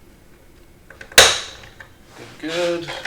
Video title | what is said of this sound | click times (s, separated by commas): Rock 'em Sock 'em Robots Live Hack E#28 | should snap into place like so | 1.2 s